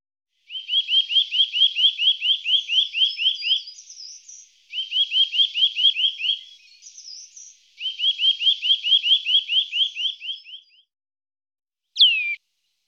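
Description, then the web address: Eurasian nuthatch song: three fast trills of whistled notes, each a few seconds long, followed by a single sharp downslurred note. "IVN Zangvogels. Boomklever"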